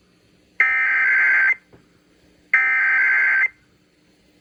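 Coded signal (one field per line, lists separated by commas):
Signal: Emergency Alert System (SAME) tones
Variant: header bursts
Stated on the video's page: Weekly tests received from FM broadcast and NOAA Weather Radio, plus a Shasta required monthly test.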